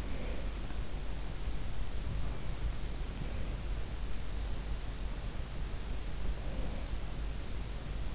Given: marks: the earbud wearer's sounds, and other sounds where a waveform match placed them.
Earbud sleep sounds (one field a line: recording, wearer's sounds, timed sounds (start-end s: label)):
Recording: sounds in sleep by an in-ear microphone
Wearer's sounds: breath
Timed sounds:
0.00-0.48 s: breath
3.17-3.63 s: breath
6.37-6.93 s: breath